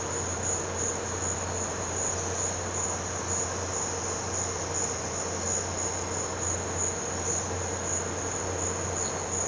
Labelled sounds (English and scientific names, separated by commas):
none